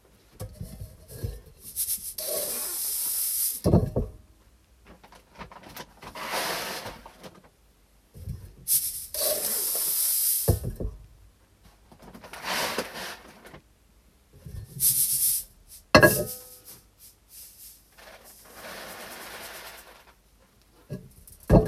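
Rice being readied for shipment: grain is weighed and poured into paper rice bags. Bursts of pouring and rustling come in waves every few seconds, with crisp paper crinkles and sharp thuds around 4, 10.5, 16 and 21 seconds, and quiet pauses between.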